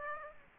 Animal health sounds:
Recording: mosquito wingbeat signal from an infrared sensor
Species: Aedes aegypti

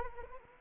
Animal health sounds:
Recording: mosquito wingbeat signal from an infrared sensor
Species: Anopheles arabiensis

